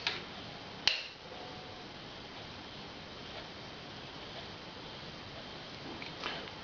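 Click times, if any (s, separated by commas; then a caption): none. A steel torque wrench turns a cylinder head bolt a quarter turn on a motorcycle engine top end. A short tick comes at the start, a sharp metallic snap at 0.9 s and a softer knock near 6.0 s over steady background hiss. The wrench does not click before the quarter turn is reached.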